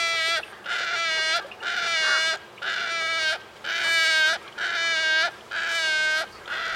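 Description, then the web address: Wood stork calls: loud, nasal, harmonic honking notes, each about half a second to a second long, repeated steadily about once per second with short gaps. "sound Wood-stork. صدای-لک-لک-جنگلی"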